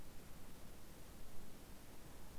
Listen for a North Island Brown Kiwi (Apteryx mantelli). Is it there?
no